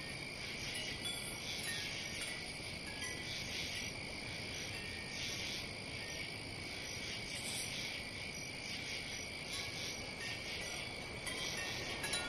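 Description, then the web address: Crickets chirping in a steady chorus, with a continuous high trill and soft bursts of brighter pulses, over a constant hiss. "сверчки"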